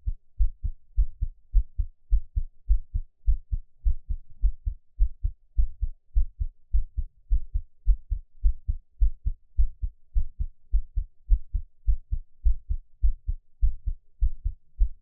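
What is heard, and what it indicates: A steady, regular run of soft, low thumps in paired lub-dub beats at about 100 per minute, with no talking and a quiet background. This is an ordinary adult heartbeat heard close up, meant for relaxing listening and best heard on headphones.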